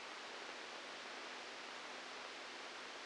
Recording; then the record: brain microelectrode recording played as sound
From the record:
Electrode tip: outside the subthalamic nucleus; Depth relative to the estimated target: 3 mm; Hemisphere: left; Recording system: NeuroSet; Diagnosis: Parkinson's disease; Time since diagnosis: 12 years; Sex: male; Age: 61 years